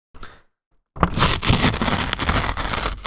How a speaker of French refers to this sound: Ensuite, on a un papier de riz de la compagnie Conigua. Le son. Ah, extrêmement léger et subtil, celui-là. Aussi, au toucher, c'est surprenant. On jurait qu'on tient de l'air.